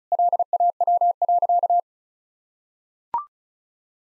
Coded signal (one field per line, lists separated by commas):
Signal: Morse code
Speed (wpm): 36 wpm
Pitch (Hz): 700 Hz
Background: none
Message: LAW.